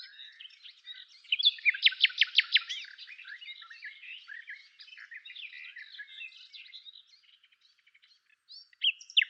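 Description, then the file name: Common nightingale song: a rich, varied run of chirps and warbles, with a loud burst of rapidly repeated sharp notes near the start and a fresh phrase at the end. "Luscinia megarhynchos"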